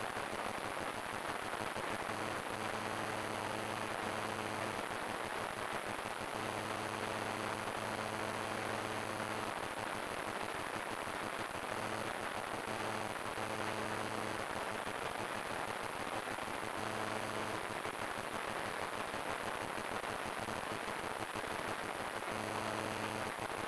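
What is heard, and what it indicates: A constant, very high-pitched whistling tone sits over a steady static-like hiss. Short bursts of low buzzing hum come and go throughout. This is a simulated tinnitus sound, imitating the ringing and noise a person with tinnitus perceives.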